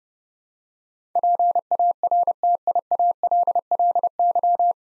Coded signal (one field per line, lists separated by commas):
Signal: Morse code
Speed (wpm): 28 wpm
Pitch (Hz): 700 Hz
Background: none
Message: PARTIALLY